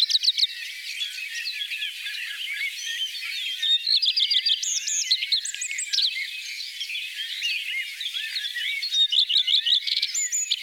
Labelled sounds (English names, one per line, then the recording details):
Common Redstart song
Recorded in the wild
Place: Oberrotweil am Kaiserstuhl, Baden-Württemberg, DE
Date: 1988-05-12
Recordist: Schwarz, Dieter